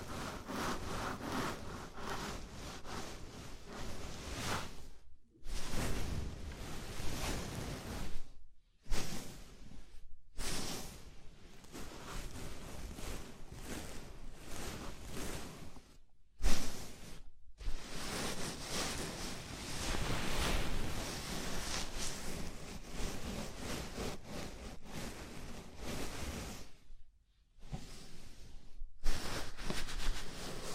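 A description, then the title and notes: Scalp massage: fingers rub and scratch through hair in a dense, hissing rustle with a steady, bright texture. The rubbing comes in long stretches broken by brief full stops, around 5, 8, 10, 16–17, 27 and 29 seconds, each quickly resuming. ASMR Sleepy Scalp Massage (No Talking).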